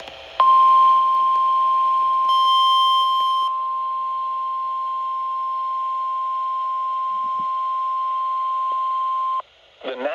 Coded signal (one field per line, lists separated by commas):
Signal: Emergency Alert System (SAME) tones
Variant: 1050 Hz attention tone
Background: speech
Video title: Spring Break Slight EAS Alerts from: 3/15/26 - 3/16/26